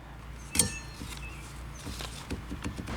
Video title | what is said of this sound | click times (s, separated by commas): How to replace wiper blades on a Honda CRV, Accord, Civic, Pilot | push it until you hear a click and after | 0.5 s, 0.6 s